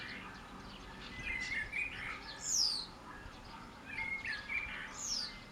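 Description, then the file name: Common blackbird song: low fluted warbling phrases followed by a thin, high squeaky twitter, the pattern given twice about two and a half seconds apart, with faint background hiss. "Turdus merula"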